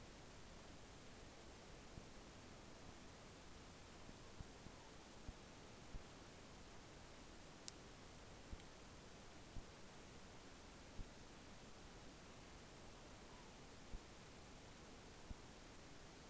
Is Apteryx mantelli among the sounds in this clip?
no